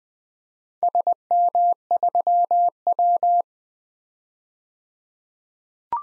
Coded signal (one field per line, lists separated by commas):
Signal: Morse code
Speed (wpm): 20 wpm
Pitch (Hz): 700 Hz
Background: none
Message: SM3W